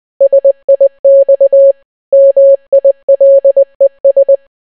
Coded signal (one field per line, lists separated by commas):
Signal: Morse code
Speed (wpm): 20 wpm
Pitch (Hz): 550 Hz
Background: none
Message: SIX MILES